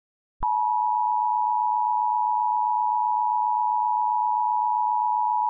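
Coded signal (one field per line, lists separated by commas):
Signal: Emergency Alert System (SAME) tones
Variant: 853 and 960 Hz attention tone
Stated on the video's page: Mock EAS alert, a mockup that the page says contains valid tones.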